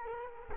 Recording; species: mosquito wingbeat signal from an infrared sensor; Culex quinquefasciatus